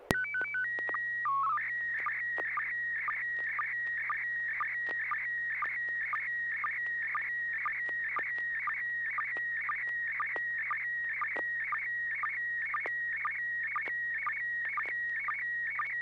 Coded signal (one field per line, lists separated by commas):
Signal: SSTV (slow-scan television)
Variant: PD 120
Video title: N6NA SSTV Net - 10/11/2023